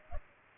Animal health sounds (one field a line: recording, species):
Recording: mosquito wingbeat signal from an infrared sensor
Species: Culex pipiens